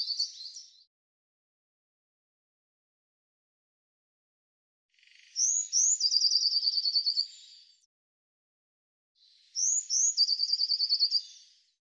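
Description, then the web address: Eurasian blue tit calls, a trill fragment at the start, then twice high upslurred notes leading into a fast trilled series, with long silent pauses. "cianscape birddata Deverinetal 2025 File cleaned normalized Bird Cy Ca"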